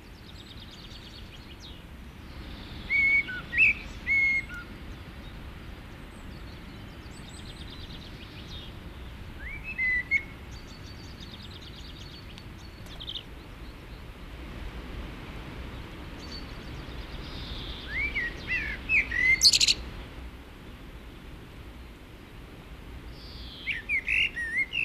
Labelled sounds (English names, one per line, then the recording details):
Common Blackbird song
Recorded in the wild
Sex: male
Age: adult
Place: Garmisch-Partenkirchen, Bayern, DE
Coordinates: 47.4939, 11.0658
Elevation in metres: 789
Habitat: mountains
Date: 1969-04-13
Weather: Schneefall
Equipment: Uher 4000 Report
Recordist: Tretzel, Erwin